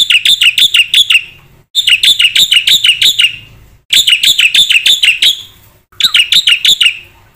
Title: Burung Jalak Putih Gacor Full Isian Cepat Untuk PANCINGAN Dan MASTERAN